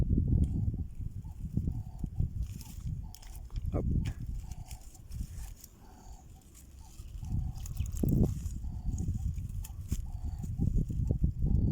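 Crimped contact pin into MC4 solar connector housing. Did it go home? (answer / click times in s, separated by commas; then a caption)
no / none. A crimped metal contact pin is being handled and pushed toward a plastic MC4 solar connector housing, with light handling taps and rustles over a low background rumble while someone talks. The clip ends before the pin goes home, so nothing has seated or clicked yet.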